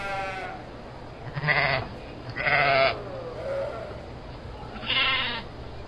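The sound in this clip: Sheep bleating: a faint bleat at the start, then three short, harsh, loud bleats spaced throughout, plus a soft lower bleat.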